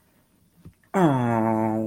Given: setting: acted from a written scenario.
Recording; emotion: vocal sound without words; sympathy